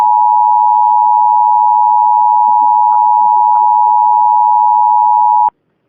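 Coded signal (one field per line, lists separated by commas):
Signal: Emergency Alert System (SAME) tones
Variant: 853 and 960 Hz attention tone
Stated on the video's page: Mock EAS tones for a fictional EF6 tornado alert; not a real event.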